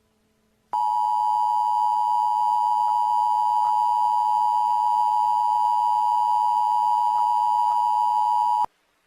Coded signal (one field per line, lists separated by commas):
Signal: Emergency Alert System (SAME) tones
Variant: 853 and 960 Hz attention tone